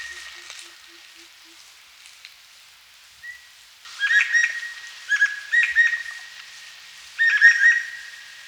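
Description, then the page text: Greater necklaced laughingthrush calls: a quiet opening, then from about four seconds loud bursts of clipped, ringing whistled notes in short clusters, with faint background hiss. "Greater Necklaced Laughingthrush Calls. Quick Sounds"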